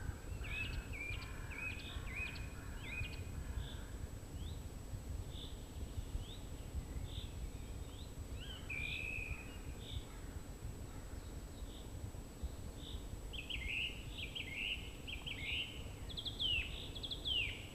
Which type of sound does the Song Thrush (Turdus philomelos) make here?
song